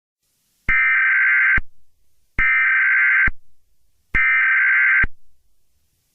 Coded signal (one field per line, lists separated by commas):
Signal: Emergency Alert System (SAME) tones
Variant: header bursts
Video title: WINTER STORM WARNING FOR PULLMAN, WA - EAS ACTIVATION MODE!